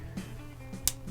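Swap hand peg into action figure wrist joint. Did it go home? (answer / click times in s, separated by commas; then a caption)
yes / 0.9 s. A swap hand is pushed onto the wrist peg of a plastic action figure after several tries, over a steady background hum with faint ticking. A sharp pop at 0.9 s marks the hand seating into the wrist joint.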